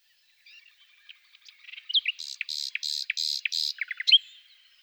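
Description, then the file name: Common nightingale song: soft quiet notes building into loud buzzy pulses alternating with sharp clicks, ending in a rising whistle. "Fülemülék"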